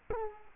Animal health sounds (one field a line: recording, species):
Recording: mosquito wingbeat signal from an infrared sensor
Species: Culex quinquefasciatus